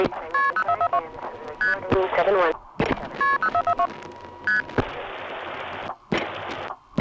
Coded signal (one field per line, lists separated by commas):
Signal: multi-frequency trunk signalling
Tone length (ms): 80 ms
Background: speech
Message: KP0442 ST KP0442 ST